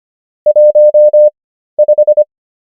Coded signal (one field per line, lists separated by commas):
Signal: Morse code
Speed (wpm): 25 wpm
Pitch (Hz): 600 Hz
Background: none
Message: 15